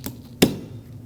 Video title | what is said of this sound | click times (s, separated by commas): How to Replace Wiper Blades 2005-2016 Lexus IS250 | And with the correct one lined up, you want to press it until it clicks and locks in. | 0.4 s